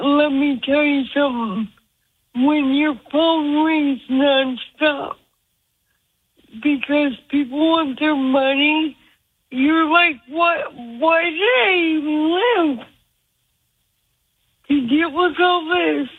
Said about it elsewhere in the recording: You've had the kind of stroke, it's probably on the left side of your brain and it's affected your speech. That's called aphasia.